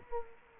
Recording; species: mosquito wingbeat signal from an infrared sensor; Culex quinquefasciatus